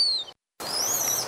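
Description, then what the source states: Rhesus macaque calls: a short high tonal call falling in pitch, a pause, then a longer high, slightly rising and wavering call. Rhesus monkey call types played to volunteers who learned to tell them apart; the calls signal great food versus not so great food.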